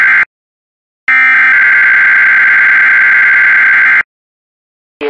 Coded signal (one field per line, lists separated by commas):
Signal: Emergency Alert System (SAME) tones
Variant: header bursts